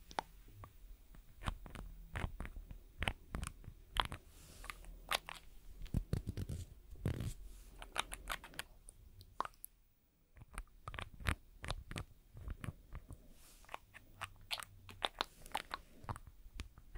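Nail extension and gel work gives dense, irregular sharp clicks and crunchy scrapes throughout, pausing briefly near ten seconds before resuming.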